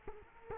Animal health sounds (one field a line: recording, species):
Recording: mosquito wingbeat signal from an infrared sensor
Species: Culex quinquefasciatus